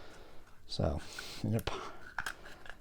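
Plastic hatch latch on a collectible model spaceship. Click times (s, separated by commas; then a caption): 2.2 s. Someone talks as they release the small plastic hatch latch on a Haslab Razor Crest collectible model spaceship. The latch clicks sharply at 2.2 s and the hatch pops open, followed by a few fainter ticks.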